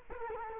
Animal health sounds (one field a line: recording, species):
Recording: mosquito wingbeat signal from an infrared sensor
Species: Culex quinquefasciatus